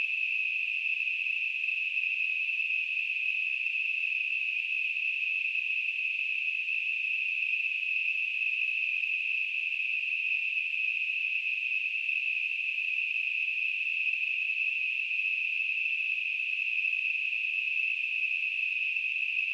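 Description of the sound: Simulated tinnitus: a steady, continuous high-pitched ringing hiss concentrated in a narrow band around 2.5 kHz, unchanging in loudness throughout, with no low-frequency sound.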